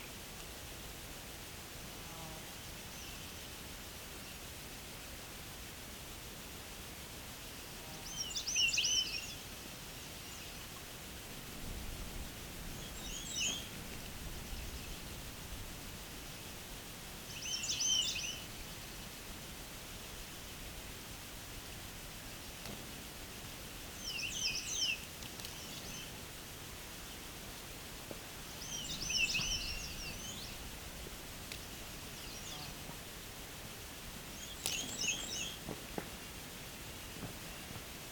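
Birds sing at an unhurried pace in a quiet natural setting, short high phrases arriving about every four to five seconds, near 9, 13, 18, 25, 29 and 35 seconds. Between them a soft, steady hiss of air and ambience fills the space.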